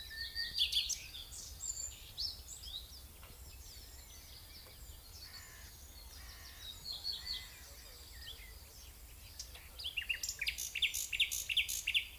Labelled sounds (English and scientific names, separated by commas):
Common Nightingale (Luscinia megarhynchos) song